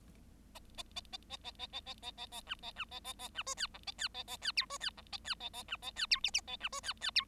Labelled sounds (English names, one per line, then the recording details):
Bengalese Finch song
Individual Bird7